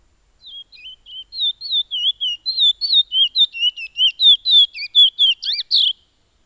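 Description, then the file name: Piolet song building from soft start into rapid wavy whistled notes, several per second, finishing with louder sweeping slurs. "suara burung piolet omkicau"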